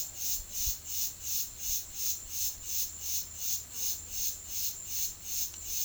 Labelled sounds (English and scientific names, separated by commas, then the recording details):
none
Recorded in pastures near Puerto Asís, Putumayo, Colombia, on 28 February 2025 at 15:30
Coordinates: 0.505, -76.324
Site GP08